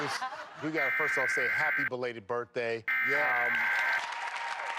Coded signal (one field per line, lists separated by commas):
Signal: Emergency Alert System (SAME) tones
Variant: header bursts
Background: speech